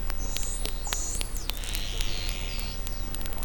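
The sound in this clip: Whale whistles, high and sweeping up and down, overlapping one another, with rapid sharp clicks scattered throughout and a low rumbling background.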